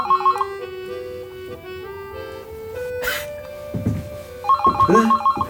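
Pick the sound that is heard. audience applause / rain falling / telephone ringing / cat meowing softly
telephone ringing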